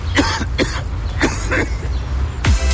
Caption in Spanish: Buxol adulto, indicado para el alivio de la tos con flema.